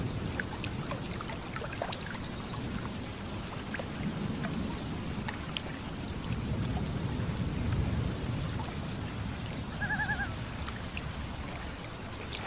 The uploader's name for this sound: Thunderstorm and Loons on Lake with Gentle Water Lapping